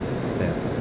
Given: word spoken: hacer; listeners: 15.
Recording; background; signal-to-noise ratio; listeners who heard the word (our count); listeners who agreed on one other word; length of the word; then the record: one Spanish word in noise, from a listening test; speech-shaped noise; -6.0 dB; 2 of 15; 7 of 15; 0.41 s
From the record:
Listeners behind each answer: 7, 2, 2, 1, 1, 1, 1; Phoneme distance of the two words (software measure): 34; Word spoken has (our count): 2 syllables, 4 phonemes, stress on syllable 2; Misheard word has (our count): 2 syllables, 4 phonemes, stress on syllable 1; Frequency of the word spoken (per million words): 629.68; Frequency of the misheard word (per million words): 44.48